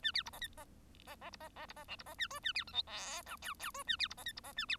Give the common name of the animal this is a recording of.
Bengalese Finch